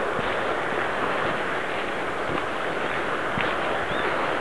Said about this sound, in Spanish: Abajo el río, un río semi de montaña ya todavía con fuerza, un tramo medio de río con cierto caudal.